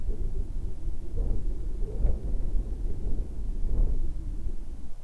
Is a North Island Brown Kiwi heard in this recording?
no